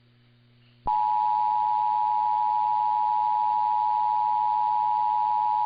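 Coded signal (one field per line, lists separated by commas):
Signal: Emergency Alert System (SAME) tones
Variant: 853 and 960 Hz attention tone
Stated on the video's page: Weekly and monthly EAS tests (RWTs and RMTs).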